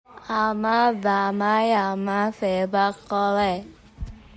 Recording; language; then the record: elicited speech; Bengali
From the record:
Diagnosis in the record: Broca's or global aphasia after a stroke